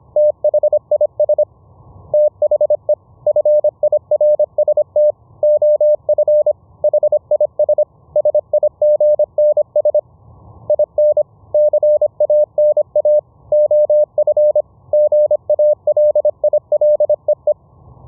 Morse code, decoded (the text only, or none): THIS THE FIRST OF HIS SIGNS IN CANA OF GALILEE